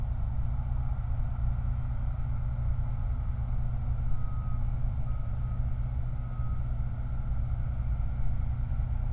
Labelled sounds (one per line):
truck